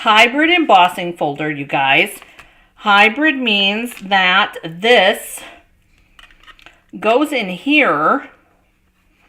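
Someone talks while handling a thin metal cutting die at a plastic hybrid embossing folder, working it toward the slot it locks into. Faint taps and rattles of handling come between about 6.0 and 6.7 s during a pause in the talking. Nothing has seated or clicked into place yet.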